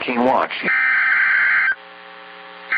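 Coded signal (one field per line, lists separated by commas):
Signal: Emergency Alert System (SAME) tones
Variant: header bursts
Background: speech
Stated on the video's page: Simulated virtual EAS hurricane warning.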